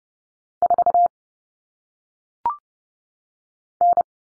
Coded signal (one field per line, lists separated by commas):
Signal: Morse code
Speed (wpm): 30 wpm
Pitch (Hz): 700 Hz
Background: none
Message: 4 N